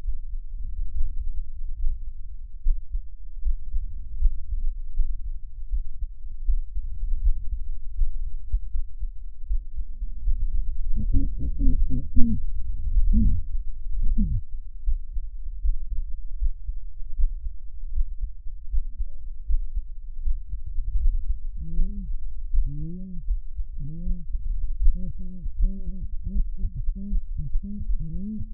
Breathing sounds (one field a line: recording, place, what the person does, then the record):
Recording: lung sounds by stethoscope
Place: right posterior apical chest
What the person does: quiet breathing, then cough and speech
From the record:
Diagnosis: pulmonary infection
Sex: female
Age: 74 years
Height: 160 cm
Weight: 66 kg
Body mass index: 25.8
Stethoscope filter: bell mode